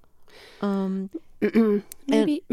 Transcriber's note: soundbite of clearing throat